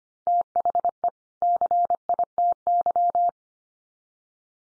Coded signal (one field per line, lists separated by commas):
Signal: Morse code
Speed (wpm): 25 wpm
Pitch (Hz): 700 Hz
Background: none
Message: THE CITY